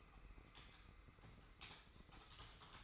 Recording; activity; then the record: daily activity, microphone in the room; typing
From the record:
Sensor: 3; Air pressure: 995.3 hPa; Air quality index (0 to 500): 78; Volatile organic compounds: 6 ppm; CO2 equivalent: 1845 ppm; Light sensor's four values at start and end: 20/59/25/22 and 20/60/25/22